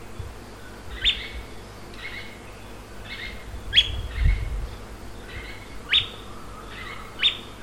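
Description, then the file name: Bird calling: a run of bright upward-flicking chirps mixed with lower two-part notes, plus a brief low rumble midway through. "SABIOD 50 bird 2015"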